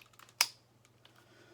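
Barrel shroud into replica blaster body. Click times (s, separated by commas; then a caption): 0.4 s. The barrel shroud of a ProCoPrint3D DLT-19 Heavy Blaster Rifle resin replica is slotted onto the body and twisted until the side latch engages. A sharp click at 0.4 s stands out above faint small taps at the start and a soft tick near 1.1 s. The latch clicks home and the shroud is seated.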